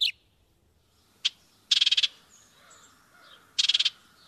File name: House Wren (Wild America)